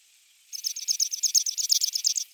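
Pechora pipit song, a dry, high buzzy rattle of rapid even pulses that starts abruptly and runs without a break for nearly two seconds.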